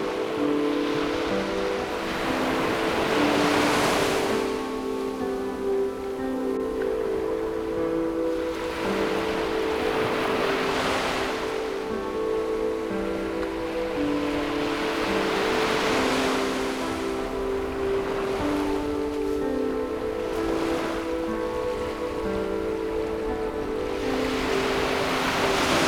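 Ocean waves wash in roughly every five to six seconds, each surge rising into a bright hiss before ebbing away. Beneath them, steady sustained music tones hold throughout, layered with a low rumbling undertone that keeps the whole scene dense and continuous.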